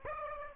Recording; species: mosquito wingbeat signal from an infrared sensor; Aedes aegypti